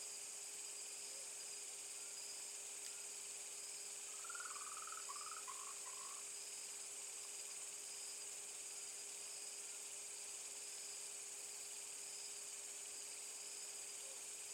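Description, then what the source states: Frog giving a short series of about four quick croaks, against a continuous high-pitched drone and a faint steady hum. Recorded at night on 7 December 2020, around 20:17.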